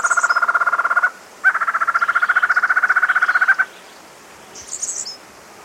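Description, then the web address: Collared Antshrike song: rapid, even series of buzzy notes in two bursts of about one and two seconds, with brief high chirps at start and end. South America. "Natures Songs S America Collared Antshrike"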